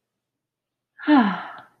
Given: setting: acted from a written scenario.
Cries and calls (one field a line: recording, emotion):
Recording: vocal sound without words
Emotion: serenity